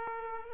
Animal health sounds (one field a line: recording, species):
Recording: mosquito wingbeat signal from an infrared sensor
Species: Aedes aegypti